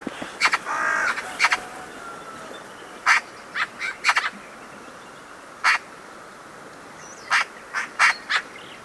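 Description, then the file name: Eurasian magpie giving harsh, rasping chak calls, singly and in short clusters at irregular intervals, with a faint tonal whistle from another bird early on. "Pica pica"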